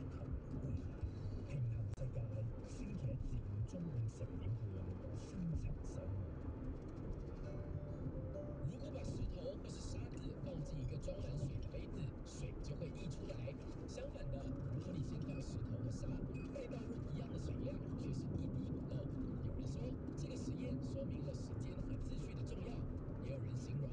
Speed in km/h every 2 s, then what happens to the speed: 87, 87, 86, 82, 82, 77, 77, 82, 83, 83, 83, 83.
0-5 steady at about 87. 5-10 slows to 77. 10-15 speeds up to 83. 15-24 steady at about 83.